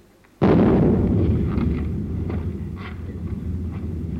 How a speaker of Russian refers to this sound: Что это? Это, вероятно, какой-нибудь купец-самодур слезает со своей баржи, так в честь его салютирует. Как я испугалась.